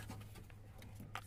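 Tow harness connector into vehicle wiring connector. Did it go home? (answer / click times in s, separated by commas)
no / none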